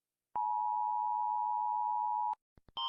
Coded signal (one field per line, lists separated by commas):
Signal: Emergency Alert System (SAME) tones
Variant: 853 and 960 Hz attention tone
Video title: Rating eas alarms pt. 1